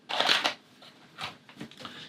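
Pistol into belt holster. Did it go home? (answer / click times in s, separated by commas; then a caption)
yes / 0.2 s. A Gen5 Glock 19 with XS big dot DXT2 sights is drawn from a hard Hog Holster worn on a Kore ratchet gun belt and reholstered. It makes a loud rustling, scraping burst with a sharp snap at 0.2 s as the pistol seats back into the holster, followed by quieter rustles later in the clip.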